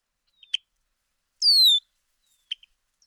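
Bird sounds: one bright whistle sliding downward, set between two short sharp chip notes.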